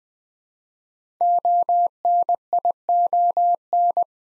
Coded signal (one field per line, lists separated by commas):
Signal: Morse code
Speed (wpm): 20 wpm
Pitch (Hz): 700 Hz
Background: none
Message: ONION